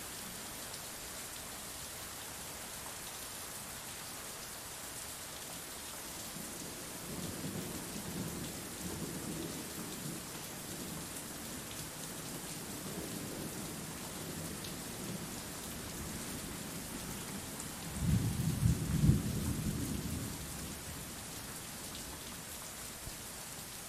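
Rain falls as a steady, dense hiss across the whole 24 seconds. From about 7 seconds a low rumble swells in and lingers, then a louder deep roll of what sounds like thunder peaks around 18 to 20 seconds before easing off.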